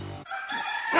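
A single short rooster crow, a strained, raspy cock-a-doodle-doo with bright harmonics that swells louder toward its end, heard alone without any talking.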